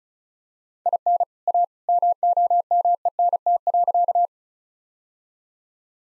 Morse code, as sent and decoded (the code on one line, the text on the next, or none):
.. -. / .- / -- --- -- . -. - .-.-.-
IN A MOMENT.